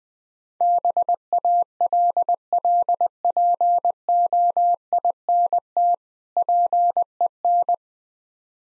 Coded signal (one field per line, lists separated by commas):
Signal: Morse code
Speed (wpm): 21 wpm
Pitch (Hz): 700 Hz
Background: none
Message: BALLPOINT PEN